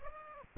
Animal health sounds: mosquito wingbeat signal from an infrared sensor; Aedes aegypti

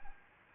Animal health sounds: mosquito wingbeat signal from an infrared sensor; Anopheles arabiensis

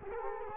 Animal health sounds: mosquito wingbeat signal from an infrared sensor; Culex quinquefasciatus

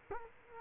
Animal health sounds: mosquito wingbeat signal from an infrared sensor; Culex quinquefasciatus

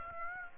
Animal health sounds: mosquito wingbeat signal from an infrared sensor; Aedes aegypti

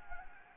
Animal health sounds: mosquito wingbeat signal from an infrared sensor; Anopheles gambiae

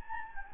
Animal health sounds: mosquito wingbeat signal from an infrared sensor; Anopheles gambiae

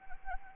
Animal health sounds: mosquito wingbeat signal from an infrared sensor; Anopheles arabiensis

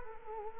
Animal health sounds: mosquito wingbeat signal from an infrared sensor; Culex quinquefasciatus

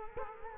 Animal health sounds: mosquito wingbeat signal from an infrared sensor; Culex quinquefasciatus

